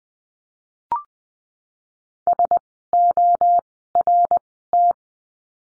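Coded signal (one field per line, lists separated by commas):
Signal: Morse code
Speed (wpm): 20 wpm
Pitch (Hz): 700 Hz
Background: none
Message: SORT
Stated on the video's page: Morse lesson drill of words with letter R, Farnsworth timing 20/10 wpm.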